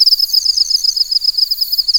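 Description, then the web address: Crickets chirping in a rapid, pulsing high trill with slight swells in loudness. Jungle crickets. "Spectrasonics - Heart of Africa 1 Partition H 06 JUNGLE FX CRICKETS"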